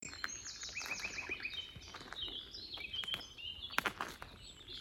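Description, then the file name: Common nightingale song: a fast run of high repeated notes followed by varied whistled and chattering phrases, with steady background hiss. "Luscinia megarhynchos"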